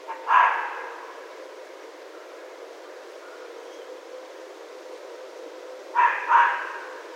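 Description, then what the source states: Red fox barks: one raspy bark at the start, then a long quiet pause before two more harsh barks in quick succession. Recorded 16 January 2012.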